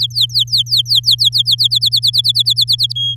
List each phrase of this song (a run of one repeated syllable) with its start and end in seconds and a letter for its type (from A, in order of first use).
0.00-1.55 A, 1.58-2.93 B, 2.95-3.15 C